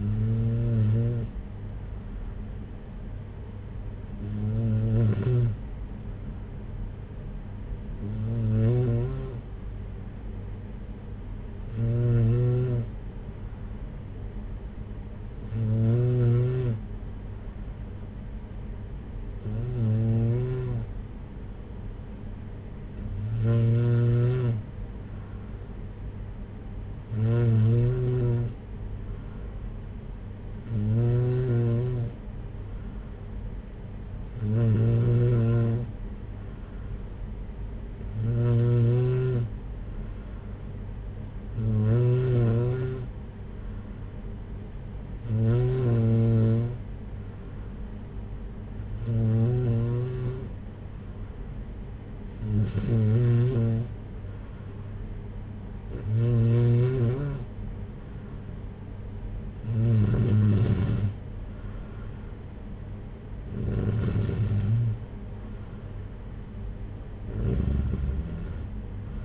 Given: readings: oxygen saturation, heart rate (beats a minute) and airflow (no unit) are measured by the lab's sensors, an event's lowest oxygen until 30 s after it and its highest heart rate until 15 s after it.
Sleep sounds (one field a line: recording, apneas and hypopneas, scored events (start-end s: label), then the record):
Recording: breathing in sleep by a smartphone at the bedside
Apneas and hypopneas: none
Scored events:
none scored
From the record:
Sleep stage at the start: N2 (light sleep)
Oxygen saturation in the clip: 93 to 94%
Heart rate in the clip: 57 to 64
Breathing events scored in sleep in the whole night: 226 in 8.8 hours asleep